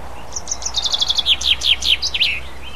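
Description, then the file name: Common chaffinch song: a rapid rattle of high notes followed by louder falling slurred notes and a final flourish, with a low steady hum beneath. "pinson"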